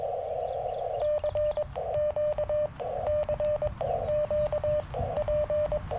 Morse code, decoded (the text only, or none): CQ CQ P